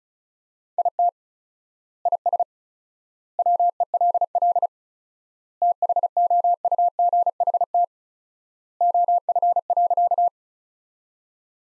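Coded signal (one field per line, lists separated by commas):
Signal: Morse code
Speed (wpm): 36 wpm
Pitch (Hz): 700 Hz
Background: none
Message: IT IS WELL THOUGHT OF.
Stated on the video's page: Morse practice sentences from the top 300 words at 35 wpm with 4x word spacing, a word-based analogue of Farnsworth spacing.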